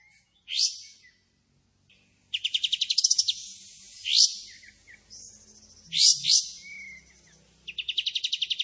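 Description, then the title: Pied Triller song with sharp upswept notes, long rapid trills and a steady whistled note, ending in another fast trilled phrase. Lively singing bird with long 'tembakan' and 'besetan' song phrases; clear recording used as tutor audio for training white-rumped shamas. "KAPAS TEMBAK GACOR TEMBAKAN DAN BESETAN PANJANG"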